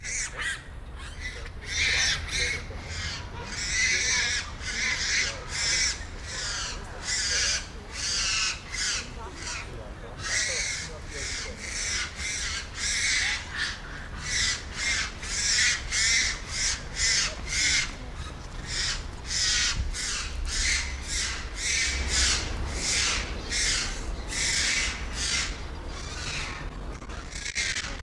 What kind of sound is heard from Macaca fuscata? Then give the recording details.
call. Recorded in captivity. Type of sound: call. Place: Zoo Berlin, Berlin, DE. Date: 1996-01-19 12:12. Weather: bedeckt, -2°C. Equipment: Sony MD-WM MZ-R3, Sennheiser ME 80, Kopie Uher 4000 Report Monitor. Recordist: Tembrock, Günter. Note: Begegnungen, Aufreitversuche